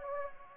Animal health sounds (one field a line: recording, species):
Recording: mosquito wingbeat signal from an infrared sensor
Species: Anopheles gambiae